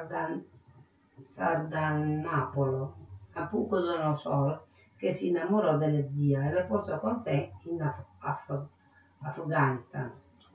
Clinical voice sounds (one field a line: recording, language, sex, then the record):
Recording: read passage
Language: Italian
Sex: female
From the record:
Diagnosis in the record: Parkinson's disease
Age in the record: 63 years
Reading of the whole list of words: 61 s, 4.6 characters per second